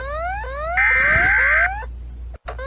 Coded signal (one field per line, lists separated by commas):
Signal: Emergency Alert System (SAME) tones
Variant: header bursts